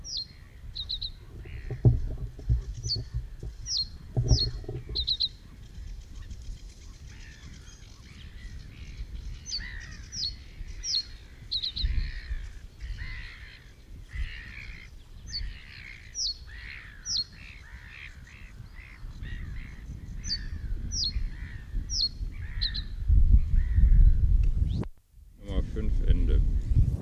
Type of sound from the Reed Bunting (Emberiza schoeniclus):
song